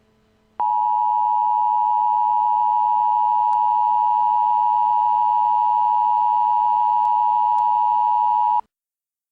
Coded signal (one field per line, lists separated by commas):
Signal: Emergency Alert System (SAME) tones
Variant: 853 and 960 Hz attention tone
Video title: Emergency Alert System: "Epic Chicken Fight"